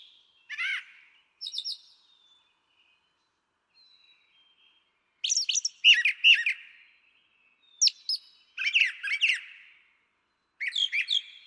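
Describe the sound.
Brown Thrasher song, short varied phrases of harsh and clear notes, delivered in separate bursts with silent pauses between them.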